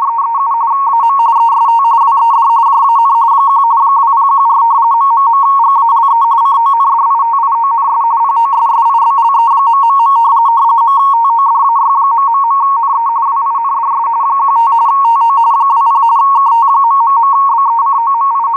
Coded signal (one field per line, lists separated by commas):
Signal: RTTY